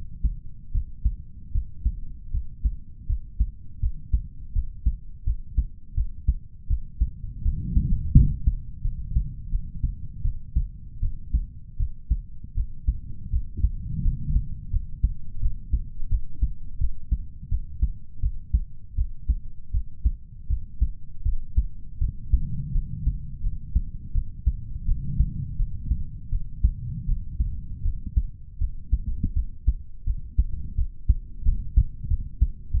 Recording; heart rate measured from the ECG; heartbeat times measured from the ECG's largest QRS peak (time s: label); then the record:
heart sounds by stethoscope; 83 bpm
0.71 s: heartbeat
1.51 s: heartbeat
2.30 s: heartbeat
3.06 s: heartbeat
3.79 s: heartbeat
4.52 s: heartbeat
5.23 s: heartbeat
5.94 s: heartbeat
6.66 s: heartbeat
7.42 s: heartbeat
8.13 s: heartbeat
8.81 s: heartbeat
9.49 s: heartbeat
10.21 s: heartbeat
10.99 s: heartbeat
11.76 s: heartbeat
12.54 s: heartbeat
13.29 s: heartbeat
14.01 s: heartbeat
14.70 s: heartbeat
15.39 s: heartbeat
16.08 s: heartbeat
16.77 s: heartbeat
17.48 s: heartbeat
18.19 s: heartbeat
18.94 s: heartbeat
19.70 s: heartbeat
20.46 s: heartbeat
21.22 s: heartbeat
21.98 s: heartbeat
22.71 s: heartbeat
23.40 s: heartbeat
24.11 s: heartbeat
24.85 s: heartbeat
25.56 s: heartbeat
26.29 s: heartbeat
27.05 s: heartbeat
27.81 s: heartbeat
28.57 s: heartbeat
29.32 s: heartbeat
30.03 s: heartbeat
30.74 s: heartbeat
31.42 s: heartbeat
32.07 s: heartbeat
32.70 s: heartbeat
From the record:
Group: healthy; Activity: cold pressor test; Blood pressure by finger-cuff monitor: 94/66 mmHg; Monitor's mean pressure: 75 mmHg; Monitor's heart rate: 80 bpm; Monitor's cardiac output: 6.1 L/min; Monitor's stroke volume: 75 mL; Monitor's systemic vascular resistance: 880 dyn s/cm5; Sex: male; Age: 20 years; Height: 187 cm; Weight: 68.9 kg